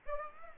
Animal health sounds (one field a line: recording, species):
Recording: mosquito wingbeat signal from an infrared sensor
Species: Aedes aegypti